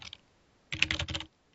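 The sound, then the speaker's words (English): A short flurry of keyboard typing as notes are written down: a brief tap, a pause, then a dense burst of rapid, clattering keystrokes lasting about half a second, moderately loud with no talking. “I need to write this shit down.”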